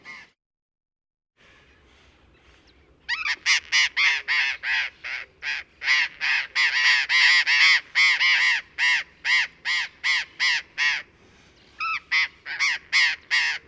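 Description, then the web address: Burrowing parrot giving harsh, screeching calls in a fast repeated series, about three per second, after a mostly quiet opening of roughly three seconds. "parrots cyanoliseus-patagonus"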